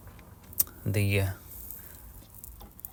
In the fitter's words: and it kind of shows you how you're going to put it in you just slide it in until it clicks